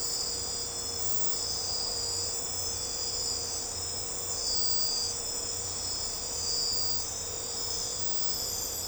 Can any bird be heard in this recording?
no